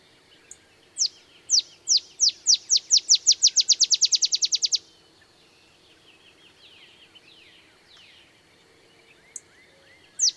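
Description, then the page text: Olive sparrow song: separated chips accelerating into a rapid trill, with a few faint bird notes afterwards and another chip starting at the end. Singing in early morning in Texas, 50 miles north of the Mexican border; simple songs likened to a field sparrow's bouncing-ball song. "Olive sparrow. Recording early morning just 50 miles north of the Mexican border in Texas"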